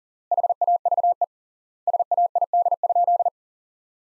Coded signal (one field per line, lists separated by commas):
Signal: Morse code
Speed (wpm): 40 wpm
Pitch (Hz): 700 Hz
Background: none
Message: HAVE SAID?